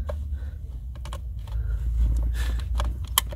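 While the blower and evaporator are being refitted on a Toyota Avensis, a plastic electrical plug, most likely the blower motor connector, is pushed into its socket behind the dashboard. Light plastic taps and rustling over a low rumble lead up to one sharp, loud click at 3.2 s as the plug seats.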